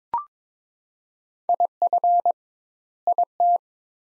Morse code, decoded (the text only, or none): IF IT